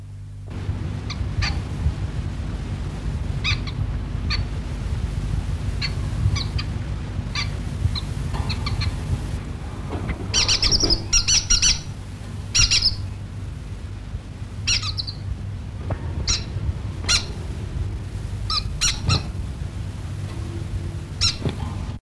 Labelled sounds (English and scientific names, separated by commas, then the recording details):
Orange-cheeked Waxbill (Estrilda melpoda) call
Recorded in captivity
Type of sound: call
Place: Afrika
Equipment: Halbspur, 9,5 cm/s
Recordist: Lütgens, Hans
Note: Rufe